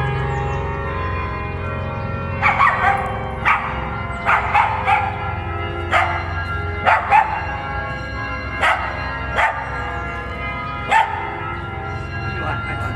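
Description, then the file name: Dog barking in short, sharp single barks, spread irregularly throughout, over a steady low hum. Dogs recorded at St Nicholas, Aberdeen, on 25 February 2012. "Abdn C St Nics dogs"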